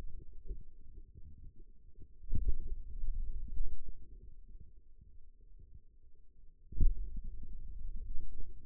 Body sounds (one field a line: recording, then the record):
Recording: forearm muscle sounds (acoustic myography)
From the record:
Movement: pen grasping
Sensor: system 2, bracelet of six BSWA MPA416 microphones around the upper forearm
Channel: 3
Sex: male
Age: 22 years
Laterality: right